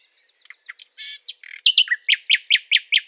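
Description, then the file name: Common nightingale song, a varied phrase of thin whistles and buzzy notes leading into a fast series of loud, evenly repeated chirps. "Luscinia megarhynchos"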